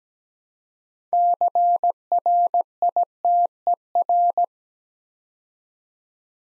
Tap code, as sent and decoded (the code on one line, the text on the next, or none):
none